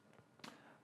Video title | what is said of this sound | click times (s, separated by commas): Revelate Designs Product Guide | you can see how simple it is I'm barely looking and it just closes you can hear it click um | 0.4 s